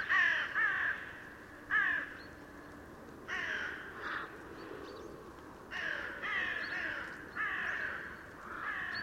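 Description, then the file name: Carrion crow calling with rasping caws in twos and threes, some fainter and overlapping, spaced irregularly across the recording. "Corvus corone"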